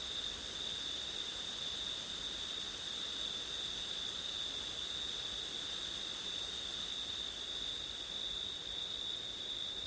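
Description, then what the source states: Crickets trilling constantly at a high pitch, a faint shimmering layer above, with an even hiss in the background. Crickets on a windy September night; ortif recording.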